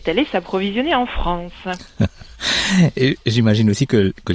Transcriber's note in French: rires